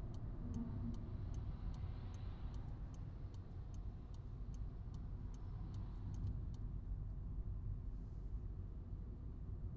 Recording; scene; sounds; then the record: everyday scene through a hearing-aid microphone; in a vehicle; engine, highway driving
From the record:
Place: Skoda Fabia, gasoline engine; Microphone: in the ear canal, right